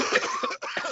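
Two quick, harsh coughs from an adult in a small room, a brief deliberate throat-clearing cough.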